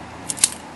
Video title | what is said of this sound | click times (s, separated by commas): How to change the Vehicle speed sensor | all right and you can feel it lock in all right that's it | 0.4 s